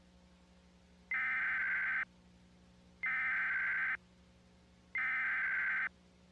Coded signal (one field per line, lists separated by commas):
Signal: Emergency Alert System (SAME) tones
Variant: header bursts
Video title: Emergency Alert System Scenario #16: "The Black Mesa Incident"